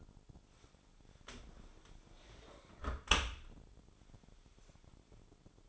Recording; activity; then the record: daily activity, microphone in the room; close dishwasher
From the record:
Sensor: 5